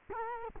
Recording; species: mosquito wingbeat signal from an infrared sensor; Culex quinquefasciatus